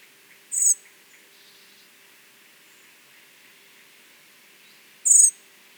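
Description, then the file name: Common blackbird uttering two loud, high, rapidly descending call bursts roughly four and a half seconds apart in an otherwise quiet setting. "Turdus merula"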